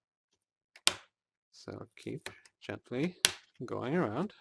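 A plastic screen bezel clipped onto the display lid of an HP dv4t laptop is pried off by hand, working around the edge, as part of a screen replacement. A sharp snap is heard at 0.9 s as the bezel clips let go and come loose, while someone talks.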